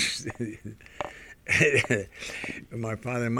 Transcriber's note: he laughs